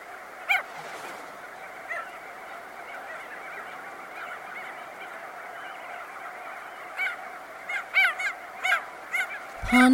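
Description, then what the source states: Crested auklets calling over a continuous colony hubbub, loud honking bursts repeated in quick succession during the last few seconds. Close-up recording.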